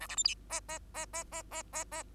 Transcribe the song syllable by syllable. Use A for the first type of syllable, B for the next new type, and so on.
A B C D E E E E E E E E